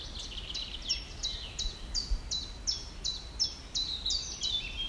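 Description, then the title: Bird song: a steady run of high, clear whistled notes, each sliding downward, repeated roughly three times a second over a low background rumble. Small woodland in Poland; recorded while walking alone, quietly listening to the birds calling. "走在波兰某个小丛林里静静的聆听鸟儿们的叫声"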